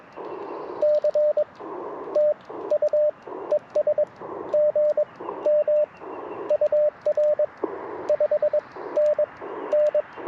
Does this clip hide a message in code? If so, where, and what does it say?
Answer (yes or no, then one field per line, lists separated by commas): yes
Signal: Morse code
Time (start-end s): 0.8-10.0 s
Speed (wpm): 18 wpm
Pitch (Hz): 580 Hz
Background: radio noise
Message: C TU ES GM UR 5NN